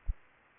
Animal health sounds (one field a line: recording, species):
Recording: mosquito wingbeat signal from an infrared sensor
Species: Aedes aegypti